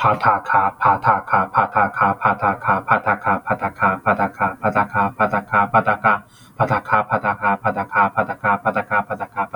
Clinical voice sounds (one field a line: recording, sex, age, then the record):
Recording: repeated syllables /pa ta ka/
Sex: male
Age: 20 to 29 years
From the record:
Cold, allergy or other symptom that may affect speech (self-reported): no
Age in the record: 25 years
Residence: United States